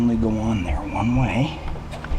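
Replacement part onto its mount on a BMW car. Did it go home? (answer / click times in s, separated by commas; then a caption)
no / none. A replacement part that fits only one way is handled at its mount on a BMW car while a man talks over it. A brief sharp sound comes at about 2.1 s near the end, but the part has not snapped in and nothing has seated or clicked yet.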